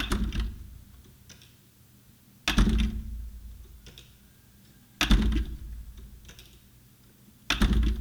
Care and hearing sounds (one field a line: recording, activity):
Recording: daily activity, guitar pickup as the sensor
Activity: manipulate door